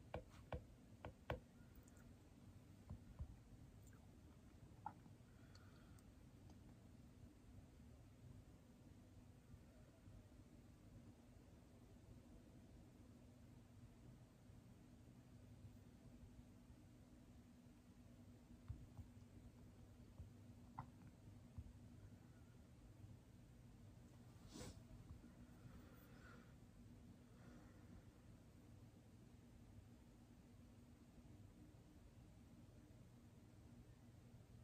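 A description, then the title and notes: A steady, low rumbling white noise with a faint hum runs throughout. Sharp tapping sounds land in a quick cluster at the start, then scattered single taps follow, with a louder one around twenty-five seconds. White noises. Tapping sounds.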